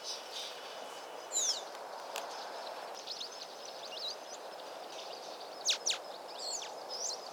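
Black saw-wing calls: a few sharp, high chirps around one and a half and six seconds, over a faint background of thin twittering notes.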